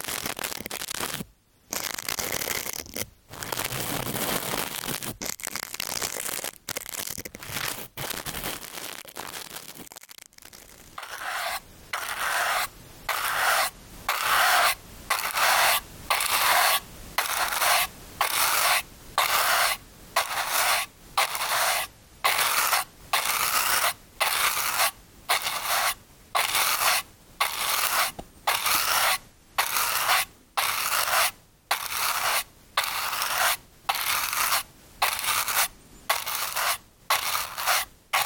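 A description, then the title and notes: Ear cleaning with brushing and tissue: a dry, bright rustling and scraping that fills the sound. For the first ten seconds the strokes are irregular with a few short pauses, then they settle into a steady rhythm of brushing passes, roughly one per second, each separated by a brief gap. ブラシASMR ぞわぞわする耳かき. ティッシュでお掃除 Ear Cleaning/BRUSHING.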